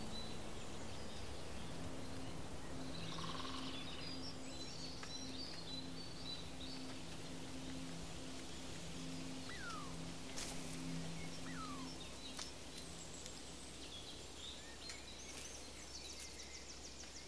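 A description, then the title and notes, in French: A walk in the forest: a steady outdoor hush fills the whole stretch, with a low droning hum running from about two to thirteen seconds. Brief bird calls chirp and slide downward around ten and twelve seconds, with a few sharp clicks near the end. Balade en forêt bercé par les sons de la nature.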